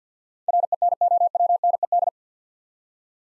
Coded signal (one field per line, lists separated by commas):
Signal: Morse code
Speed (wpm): 47 wpm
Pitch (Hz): 700 Hz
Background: none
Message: RENOWNED